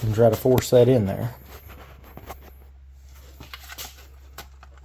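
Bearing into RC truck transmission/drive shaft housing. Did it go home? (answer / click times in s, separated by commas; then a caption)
yes / 4.4 s. Someone talks for about the first 1.5 seconds while working on a Traxxas Bigfoot / Stampede 4x4 BL2S Brushless RC truck during a spur gear replacement. Because the bearing was not seated and the gear was rubbing, a small bearing is forced into its transmission/drive shaft housing, producing faint scrapes and ticks. A sharp click at 4.4 s marks the bearing pressing fully into its seat.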